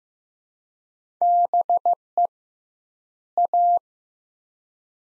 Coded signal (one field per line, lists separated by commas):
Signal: Morse code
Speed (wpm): 15 wpm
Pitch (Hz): 700 Hz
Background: none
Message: BE A